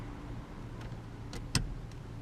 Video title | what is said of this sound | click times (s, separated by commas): 2003 Ford Ranger How To Radio Install | we're going to insert one on each side so you hear a click done | 1.6 s